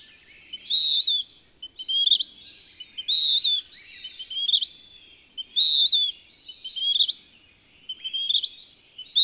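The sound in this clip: Bird song of alternating phrases, a pure high whistle and a scratchy twittering burst with a sharp rising note, continuing rhythmically throughout.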